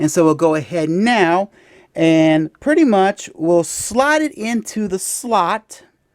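Someone talks while getting ready to slide a plastic Byubyusoul piece into the slot on a toy robot to form its head. Only speech is heard, with brief pauses between phrases. Nothing has seated or clicked yet when the clip ends.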